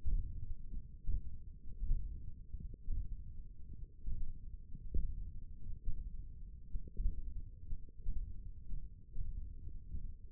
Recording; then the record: forearm muscle sounds (acoustic myography)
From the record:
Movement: thumb flexion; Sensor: system 1, eight BSWA MPA416 microphones around the upper forearm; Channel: 4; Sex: male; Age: 21 years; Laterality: right